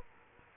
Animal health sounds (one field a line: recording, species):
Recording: mosquito wingbeat signal from an infrared sensor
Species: Culex quinquefasciatus